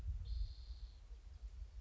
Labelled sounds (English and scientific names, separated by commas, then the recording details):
Spotted Towhee (Pipilo maculatus)
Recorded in Sonoma County, California